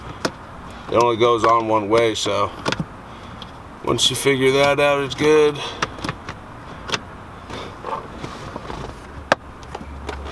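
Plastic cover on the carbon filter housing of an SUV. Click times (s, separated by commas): 9.3 s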